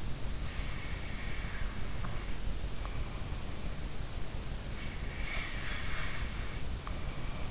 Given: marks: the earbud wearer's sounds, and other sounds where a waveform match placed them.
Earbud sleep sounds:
sounds in sleep by an in-ear microphone; breath
0.61-2.24 s: breath
5.09-7.51 s: breath

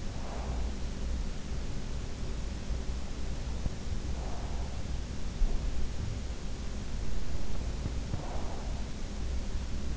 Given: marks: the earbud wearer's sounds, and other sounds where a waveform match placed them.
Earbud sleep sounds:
sounds in sleep by an in-ear microphone; breath
0.00-1.33 s: breath
7.92-9.19 s: breath

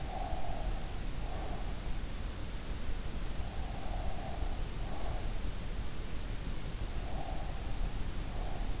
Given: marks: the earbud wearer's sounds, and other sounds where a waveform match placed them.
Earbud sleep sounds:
sounds in sleep by an in-ear microphone; breath
0.00-1.76 s: breath
3.59-5.28 s: breath
6.93-8.58 s: breath

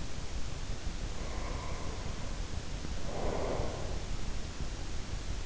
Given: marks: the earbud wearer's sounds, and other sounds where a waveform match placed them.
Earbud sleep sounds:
sounds in sleep by an in-ear microphone; breath
0.90-3.98 s: breath

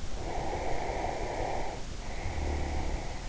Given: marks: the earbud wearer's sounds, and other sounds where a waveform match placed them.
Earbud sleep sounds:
sounds in sleep by an in-ear microphone; snoring breath
0.19-3.27 s: snoring breath

